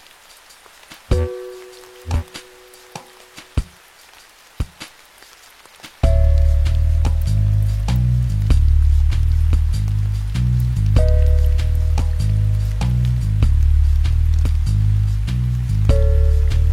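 Music with rain: scattered drip-like taps and a soft held tone, then at six seconds a heavy, pulsing bass line enters and continues.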